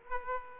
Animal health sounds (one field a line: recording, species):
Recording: mosquito wingbeat signal from an infrared sensor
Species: Aedes aegypti